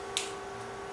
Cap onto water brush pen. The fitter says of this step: click snaps closed you hear that you are good